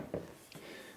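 A metal left side panel on an Alienware Area 51 R2 desktop PC is lined up with the chassis and pushed home. It seats with a click at 0.1 s, followed by a softer tap at about 0.5 s.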